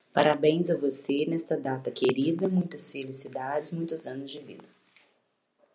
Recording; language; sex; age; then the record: short text; Brazilian Portuguese; female; 30 to 39 years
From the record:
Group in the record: control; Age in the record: 38 years